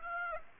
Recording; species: mosquito wingbeat signal from an infrared sensor; Aedes aegypti